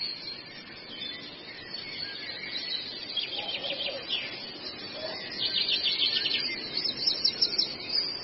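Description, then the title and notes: Long-tailed shrike song: continuous rapid, scratchy high chatter that grows louder toward the end, with faint lower sounds midway and a hissy background. Recording made as masteran training audio for songbirds. "Masteran Burung Cendet"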